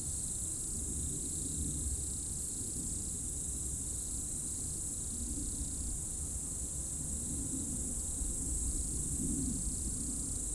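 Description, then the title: Insects in a continuous high chorus, a steady shrill band with faint pulsing chirps beneath, plus a low rumble throughout. Insects in roadside bank and trees at dusk, first hairpin of Col du Chat road, Bourdeau, France; plane and a few vehicles; recorded on Tascam DAP1 DAT, from a 2006 CDR. "route col du Chat, Bourdeau, France - Tutti insectes"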